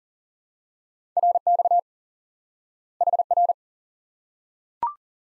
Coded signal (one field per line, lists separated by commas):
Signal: Morse code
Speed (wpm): 37 wpm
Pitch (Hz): 700 Hz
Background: none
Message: RX HR